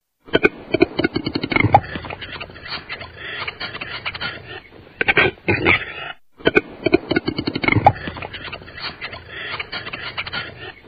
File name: grand tetras